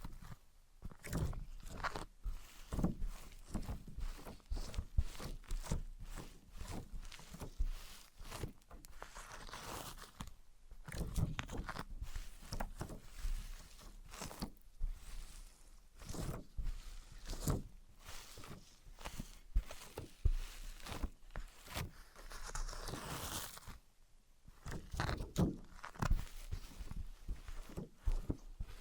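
Wood, cork, sponge, foam, glass and plastic are knocked, tapped and handled one after another in irregular bursts of short sharp hits. Some strikes are dull and thumping, others brighter and clacky. A brief quieter gap comes near 24 seconds before the tapping resumes.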